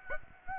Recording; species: mosquito wingbeat signal from an infrared sensor; Aedes aegypti